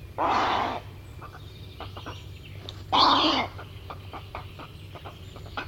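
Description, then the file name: Grey heron giving two loud, rasping croaks about three seconds apart, with faint scattered clicks and a low hum between them. "Grey Heron (Ardea cinerea)"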